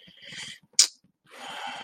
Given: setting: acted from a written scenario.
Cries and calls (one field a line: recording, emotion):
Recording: vocal sound without words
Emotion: disappointment